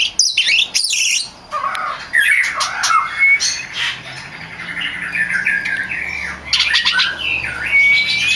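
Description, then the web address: Oriental magpie-robin delivering a continuous, dense jumble of scratchy notes, slurred whistles and chatter, with a few clear upslurred whistles standing out. Champion (juara) song, used as masteran tutor song. "kacer juara. masteran kacer"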